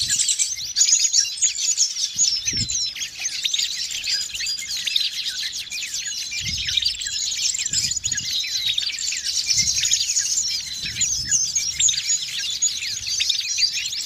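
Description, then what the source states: Birds chirping en masse, a constant high twittering wash of overlapping short notes, with faint low thumps now and then. Noisy birds, used as a master lure ('pikat') for catching birds.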